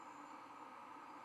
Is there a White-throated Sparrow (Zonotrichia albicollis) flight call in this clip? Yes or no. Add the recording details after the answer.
no. No flight call is heard. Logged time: 04:05 on 24 November 2014